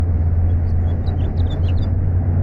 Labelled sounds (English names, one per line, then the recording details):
House Finch song
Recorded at Breezy Point on Long Island, New York, on 4 June 1975
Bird A